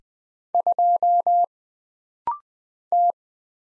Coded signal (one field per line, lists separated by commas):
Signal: Morse code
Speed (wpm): 20 wpm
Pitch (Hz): 700 Hz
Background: none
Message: 2 T